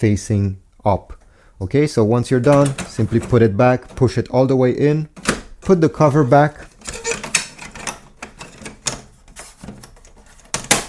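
Someone talks while a new maintenance box is pushed fully into an Epson WorkForce Pro WF-4820/4830 inkjet printer and the plastic access cover is refitted onto the printer body. Sharp knocks and taps come at about 7.4, 7.9, 8.9, 10.5 and 10.7 seconds as the cover is handled. The clip ends before the cover goes home; nothing has clicked or seated yet.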